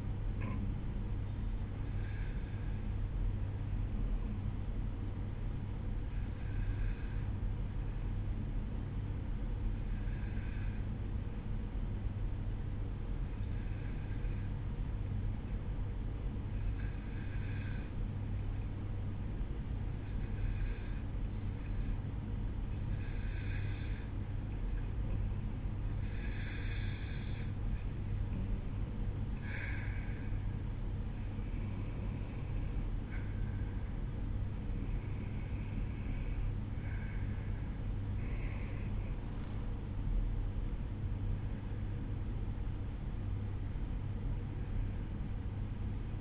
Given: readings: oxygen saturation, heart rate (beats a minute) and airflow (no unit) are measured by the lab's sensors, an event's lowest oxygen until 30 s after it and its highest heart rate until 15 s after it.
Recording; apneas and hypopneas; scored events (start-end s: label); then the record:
breathing in sleep by a smartphone at the bedside; 1
5.00-25.90 s: obstructive apnea (N1, oxygen 93% highest, then 90% lowest, heart rate 55 at the start, 61 highest)
From the record:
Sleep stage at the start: N1 (lightest sleep); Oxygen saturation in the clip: 90 to 93%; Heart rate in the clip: 54 to 62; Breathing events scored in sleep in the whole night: 305 in 9.6 hours asleep